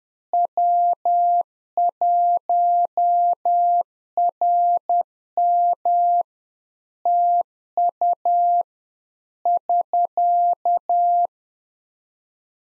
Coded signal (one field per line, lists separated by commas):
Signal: Morse code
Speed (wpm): 10 wpm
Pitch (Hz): 700 Hz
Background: none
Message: W1RM TU <SK>